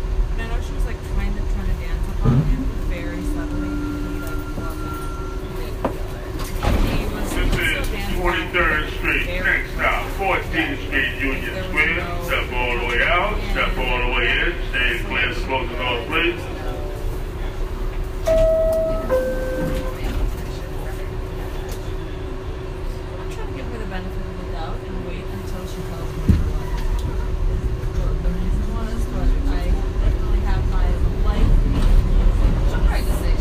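Inside a rumbling subway car, a steady low roar and a constant hum run under chattering voices, with a few brief electronic chimes midway.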